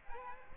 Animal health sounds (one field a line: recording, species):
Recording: mosquito wingbeat signal from an infrared sensor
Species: Aedes aegypti